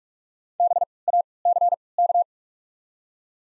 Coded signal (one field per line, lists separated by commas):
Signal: Morse code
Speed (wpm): 41 wpm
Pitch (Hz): 700 Hz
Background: none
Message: BACK